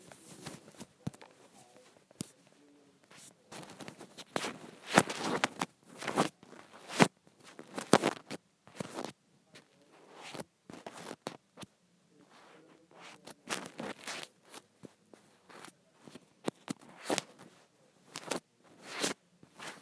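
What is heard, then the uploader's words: Scrunchies are handled and rubbed in a busy run of soft fabric rustles and crisp scratchy strokes. The sounds come in quick irregular bursts, some sharp and bright like a zipper or snap, with brief pauses between clusters and denser handling around the fifth to eighth seconds. ASMR Satisfying Scrunchie Sounds.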